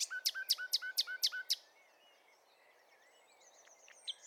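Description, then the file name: Common nightingale song: a quick run of about seven loud, sharp repeated notes lasting under two seconds, then faint high whistles. "Luscinia megarhynchos"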